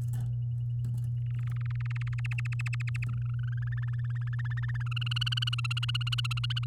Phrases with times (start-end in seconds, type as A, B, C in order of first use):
1.26-2.20 A, 2.24-3.04 B, 3.09-4.35 C, 4.39-4.83 D, 4.86-6.65 E